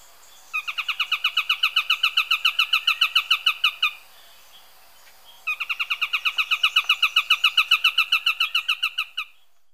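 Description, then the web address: Nariño tapaculo song, two long steady bouts of rapidly repeated notes with a short pause between. Recorded in Ecuador. "Birds of Ecuador Narino Tapaculo"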